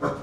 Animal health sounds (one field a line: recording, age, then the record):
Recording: pig call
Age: growing-finishing pig (85 days or more)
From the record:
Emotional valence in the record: positive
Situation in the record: run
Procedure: transit